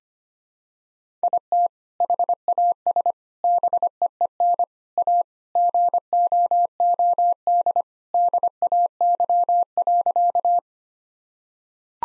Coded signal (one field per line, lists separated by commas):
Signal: Morse code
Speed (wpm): 25 wpm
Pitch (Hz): 700 Hz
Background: none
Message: IT HAS BEEN A GOOD DAY.